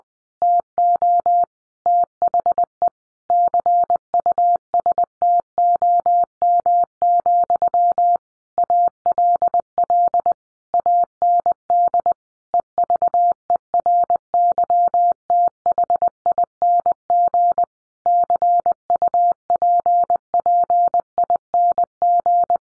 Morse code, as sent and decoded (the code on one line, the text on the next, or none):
- --- / - .... . / -.-. ..- ... - --- -- --..-- / .- .-.. .-.. / .- -. -.. / . ...- . .-. -.-- - .... .. -. --. / -.-. ..- .--. .--. .. -. --.
TO THE CUSTOM, ALL AND EVERYTHING CUPPING